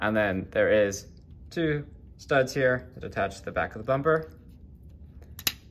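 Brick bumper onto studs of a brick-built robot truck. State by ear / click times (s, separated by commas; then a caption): seated / 5.4 s, 5.5 s. Someone talks while the back of a plastic brick bumper on a brick-built robot truck is pressed onto two studs. Two sharp clicks at 5.4 s and 5.5 s mark it snapping on. The bumper seats and locks into place, giving a solid truck mode.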